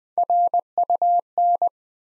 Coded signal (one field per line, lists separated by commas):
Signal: Morse code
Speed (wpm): 20 wpm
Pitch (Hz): 700 Hz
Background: none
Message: RUN